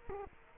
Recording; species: mosquito wingbeat signal from an infrared sensor; Culex quinquefasciatus